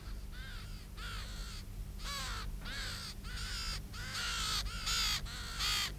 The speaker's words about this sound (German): Sehen Sie? Die beiden Raben da. Sieht der Linke nicht aus wie Tante Winifred?